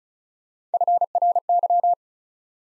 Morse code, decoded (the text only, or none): FRY